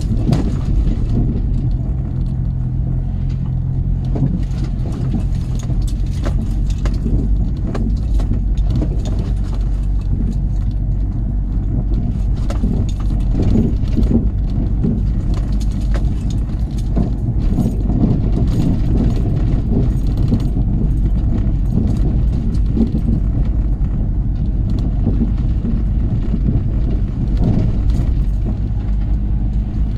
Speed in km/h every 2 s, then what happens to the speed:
18, 18, 18, 18, 18, 19, 21, 19, 19, 19, 19, 19, 19, 21, 21.
0-30 steady at about 19.